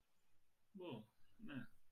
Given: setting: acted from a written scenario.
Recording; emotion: vocal sound without words; neutral